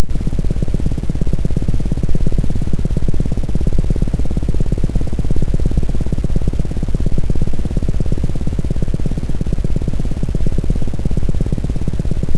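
Mouse heart sounds, amplified: a very rapid, continuous train of low-pitched beats.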